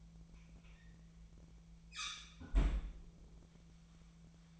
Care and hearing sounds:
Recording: daily activity, microphone in the room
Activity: close fridge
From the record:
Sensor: 1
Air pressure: 1009.7 hPa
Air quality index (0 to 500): 192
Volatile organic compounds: 18 ppm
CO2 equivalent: 2628 ppm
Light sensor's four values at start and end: 33/84/35/42 and 33/84/35/42

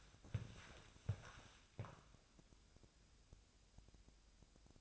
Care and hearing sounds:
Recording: daily activity, microphone in the room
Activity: walk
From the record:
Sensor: 2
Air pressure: 1000.3 hPa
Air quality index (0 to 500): 160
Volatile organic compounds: 3 ppm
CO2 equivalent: 1336 ppm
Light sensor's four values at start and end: 12/32/12/14 and 14/37/15/17

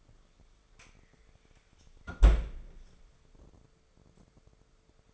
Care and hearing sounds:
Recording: daily activity, microphone in the room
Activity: close fridge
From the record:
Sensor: 5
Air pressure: 1015.0 hPa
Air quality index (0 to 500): 186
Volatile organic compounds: 8 ppm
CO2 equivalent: 2048 ppm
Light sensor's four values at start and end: 92/212/93/104 and 91/208/92/103

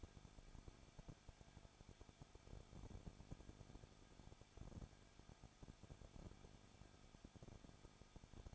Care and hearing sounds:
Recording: daily activity, microphone in the room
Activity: no activity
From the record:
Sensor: 5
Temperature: 20.9 degrees Celsius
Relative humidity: 35.1%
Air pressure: 994.7 hPa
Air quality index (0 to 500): 153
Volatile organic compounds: 2 ppm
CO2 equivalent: 1279 ppm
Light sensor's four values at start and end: 2/3/1/1 and 2/3/1/1

